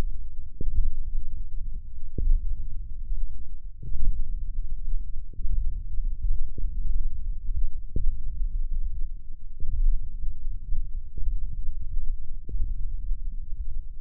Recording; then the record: forearm muscle sounds (acoustic myography)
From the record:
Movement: hand opening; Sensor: system 1, eight BSWA MPA416 microphones around the upper forearm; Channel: 5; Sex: female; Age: 21 years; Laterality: right